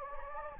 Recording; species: mosquito wingbeat signal from an infrared sensor; Anopheles gambiae